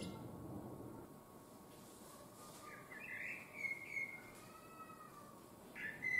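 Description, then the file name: Common blackbird song: a soft fluted warble midway and a short whistled note at the end, over a faint background hiss. "Common Blackbird Song"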